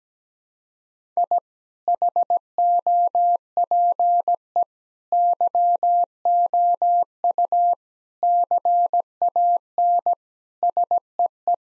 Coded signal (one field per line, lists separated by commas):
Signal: Morse code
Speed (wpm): 17 wpm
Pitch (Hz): 700 Hz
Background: none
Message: I HOPE YOU CAN SEE